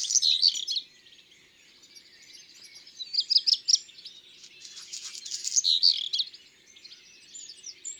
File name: Rougequeue noir ABC des chants doiseaux